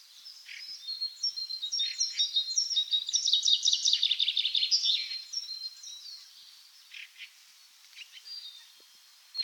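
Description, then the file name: Common chaffinch song: rapid series of bright chirping notes, building to a dense, loud run, then fading into scattered softer notes. "Fringilla coelebs"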